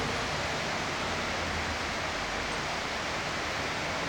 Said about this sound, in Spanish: Lo bueno es que está lloviendo, ya no nos vamos como hasta las 2, entonces le sigo.